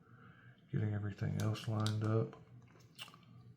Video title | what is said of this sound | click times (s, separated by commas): Lemifshe F-03Plus 'rattlesnake' Unboxing/Review | um why is that okay there we go I clicked into place I believe the little one | 3.1 s